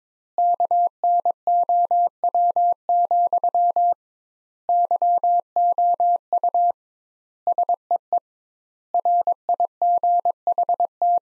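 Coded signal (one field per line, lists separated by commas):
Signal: Morse code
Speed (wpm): 22 wpm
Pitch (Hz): 700 Hz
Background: none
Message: KNOW, YOU SEE RIGHT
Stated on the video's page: Practice sentences from the top 200 words, sent at 22 wpm with twice the standard word spacing.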